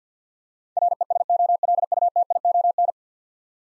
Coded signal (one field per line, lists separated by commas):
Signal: Morse code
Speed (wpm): 45 wpm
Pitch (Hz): 700 Hz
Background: none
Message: RESOLUTION